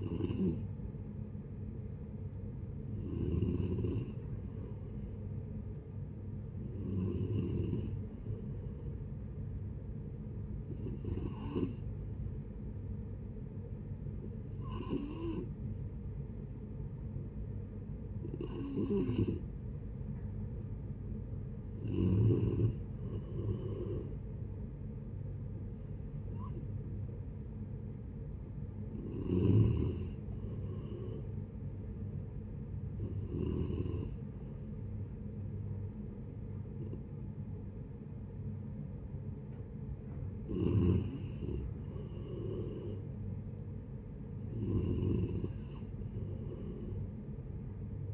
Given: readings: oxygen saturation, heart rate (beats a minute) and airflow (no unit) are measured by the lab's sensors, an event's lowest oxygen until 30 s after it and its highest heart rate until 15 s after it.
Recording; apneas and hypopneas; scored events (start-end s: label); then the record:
breathing in sleep by a smartphone at the bedside; 1
8.00-17.40 s: hypopnea (N3, oxygen 94% highest, then 89% lowest, heart rate 65 at the start, 76 highest)
33.00-48.13 s: new sleep stage, N2 (light sleep)
From the record:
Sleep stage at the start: N3 (deep sleep); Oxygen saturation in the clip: 89 to 94%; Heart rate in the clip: 63 to 76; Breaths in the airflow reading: 13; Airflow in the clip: -8.5 to 10.4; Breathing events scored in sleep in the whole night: 496 in 5.4 hours asleep